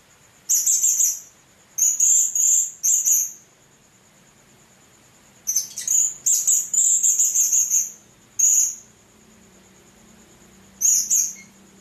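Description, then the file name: Hanging parrot calls: a lively series of high, thin, buzzy twitters in several runs, with a constant whine and a faint low hum. "serindit"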